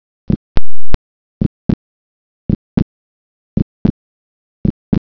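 Adult heart sounds: a slow, regular heartbeat near 55 a minute, with both the first and second heart sounds split.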